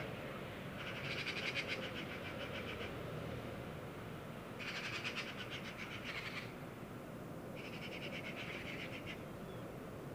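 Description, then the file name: Eurasian magpie giving three dry, rattling chatters separated by short pauses, with steady background noise. "Pica pica"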